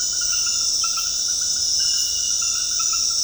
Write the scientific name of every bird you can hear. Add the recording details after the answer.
none. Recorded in dense forest near Puerto Asís, Putumayo, Colombia, on 21 February 2024 at 22:00. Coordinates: 0.485, -76.325. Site G6429